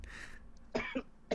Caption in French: Une toux, mais ça n'a pas rapport avec la grippe. Je suis fatigué, je tousse.